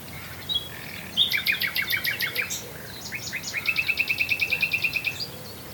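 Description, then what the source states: Common nightingale song with rapid rattling trills of evenly repeated notes and brief chirps in between. Swale.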